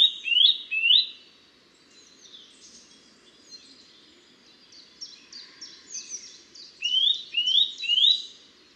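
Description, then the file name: Eurasian nuthatch calling with short, rising whistled notes, a pair at the start and three at the end; softer, rapid high chirps fill the middle. "Sitta europaea"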